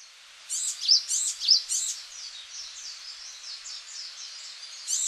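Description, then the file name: Japanese tit calls: high, thin chirping notes in quick bursts, louder at first, then a softer run of repeated scratchy notes before a final loud burst. Recorded in Okinawa on 11 March 2006. "sijuukara 1 okinawa kaji"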